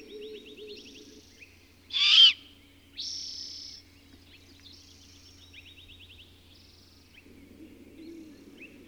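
Bird song in repeated high trills and buzzy phrases, with two loud harsh notes around two and three seconds and faint low warbling beneath.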